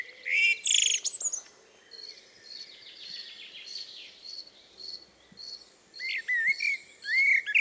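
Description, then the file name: Common blackbird with a brief squeaky burst at the start, then a quieter stretch of faint regular high pulses, until rich rising-and-falling whistles return near the end. "Turdus merula"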